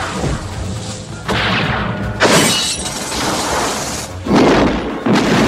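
A run of loud, booming cannon blasts: four heavy bursts over a rumbling wash, each hitting hard with a crackling, shattering edge, spaced unevenly with no voices.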